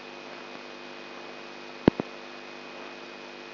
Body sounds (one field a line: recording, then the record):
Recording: brain microelectrode recording played as sound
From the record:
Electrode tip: outside the subthalamic nucleus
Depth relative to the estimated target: -4 mm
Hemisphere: left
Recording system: AlphaMap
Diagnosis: Parkinson's disease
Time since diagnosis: 11 years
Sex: male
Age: 67 years